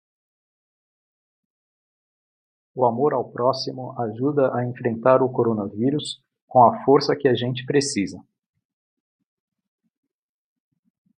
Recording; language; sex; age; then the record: spoken sentence; Brazilian Portuguese; male; 50 to 59 years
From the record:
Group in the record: control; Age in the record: 55 years